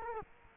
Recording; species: mosquito wingbeat signal from an infrared sensor; Culex quinquefasciatus